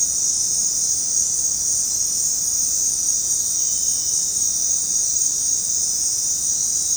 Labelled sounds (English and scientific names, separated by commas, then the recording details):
none
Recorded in dense forest near Puerto Asís, Putumayo, Colombia, on 21 February 2024 at 21:30
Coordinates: 0.503, -76.322
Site G6418